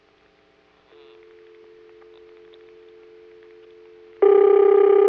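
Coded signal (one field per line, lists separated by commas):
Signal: telephone call progress tone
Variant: North America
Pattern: dial tone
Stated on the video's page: Call progress tone from the Siemens motor-switch telephone office at Ocala-Silver Springs, Florida, recorded in 1978.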